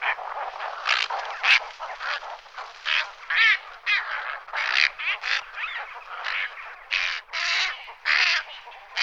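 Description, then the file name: Cattle egret calls: harsh, raspy croaking bursts repeated irregularly, several overlapping in rough chatter, with brief pauses between groups. "airone guardabuoi"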